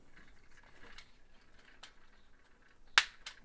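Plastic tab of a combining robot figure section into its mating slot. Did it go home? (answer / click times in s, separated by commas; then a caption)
yes / 3.0 s. A plastic section of a Moon Studios MS-05 Green Zone combining robot figure is pushed over so its plastic tab locks into its mating slot. After a stretch of quiet handling, a loud sharp snap at 3.0 seconds seats the tab in place, followed by a fainter click at 3.3 seconds.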